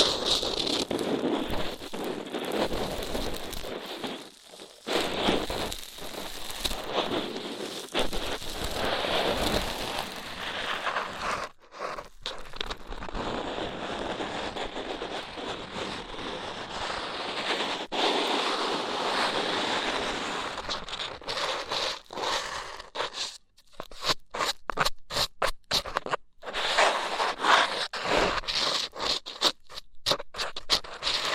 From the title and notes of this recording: ASMR Rough Ear Cleaning (No Talking).